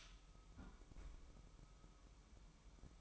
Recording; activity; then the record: daily activity, microphone in the room; close fridge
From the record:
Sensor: 1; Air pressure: 1007.9 hPa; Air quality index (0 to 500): 96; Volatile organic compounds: 1 ppm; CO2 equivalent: 817 ppm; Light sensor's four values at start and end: 13/31/13/14 and 13/31/13/14